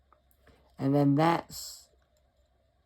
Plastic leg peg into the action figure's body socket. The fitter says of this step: and we'll snap into two places that Peg right that Peg right there it's going to snap right into there